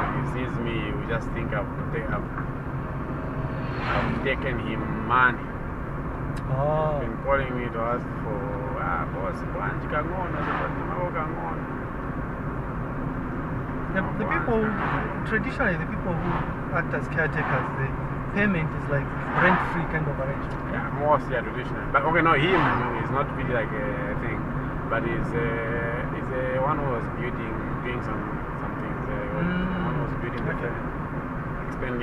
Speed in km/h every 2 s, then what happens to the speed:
40, 39, 43, 43, 42, 44, 44, 44, 43, 43, 45, 46, 47, 47, 48, 48.
0-32 steady at about 44.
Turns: none.